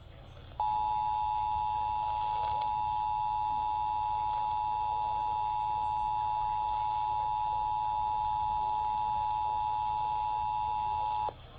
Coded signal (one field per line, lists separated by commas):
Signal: Emergency Alert System (SAME) tones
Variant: 853 and 960 Hz attention tone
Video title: eas tor Eas#301- 302)